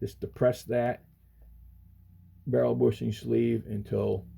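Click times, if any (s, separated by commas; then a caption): none. During reassembly of a Kimber Stainless Target II .45 ACP 1911 pistol, the steel recoil spring plug is pressed down, and the stainless barrel bushing is turned over it in the slide. Someone talks throughout, with a low steady hum in a pause. Nothing has seated or clicked yet; the bushing is not yet locked.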